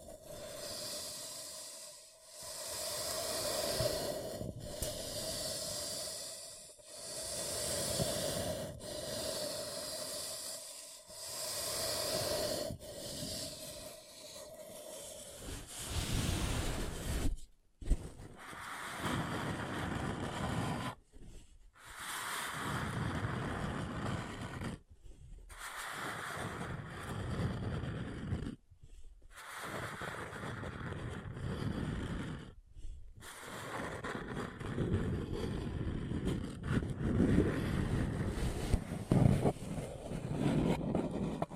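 A paper cup is rubbed in slow, regular strokes with a faint hum for about fifteen seconds, then crinkled more densely with brief pauses.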